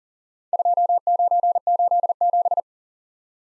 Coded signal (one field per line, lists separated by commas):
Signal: Morse code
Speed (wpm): 40 wpm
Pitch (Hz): 700 Hz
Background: none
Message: 2987